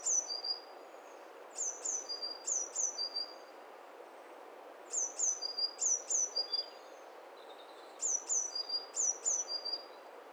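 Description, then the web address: Birds calling: four bursts of high, thin, falling chirps, two pitches alternating, each burst up to about two seconds long, separated by pauses, with constant background hiss. Several birds calling at once; stereo recording. "Hi Fi STEREO BIRD COCKTAIL PARTY Challenge"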